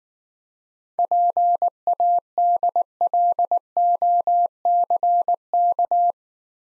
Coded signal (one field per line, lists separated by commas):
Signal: Morse code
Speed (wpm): 19 wpm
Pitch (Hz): 700 Hz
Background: none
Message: PADLOCK